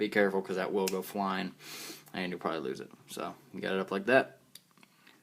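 Someone talks while holding the spring-loaded parts up inside the rear of a Glock pistol slide during reassembly, ready to slide the metal slide cover plate back over them. A few faint handling ticks follow as the speech stops, but the cover plate has not snapped into place yet.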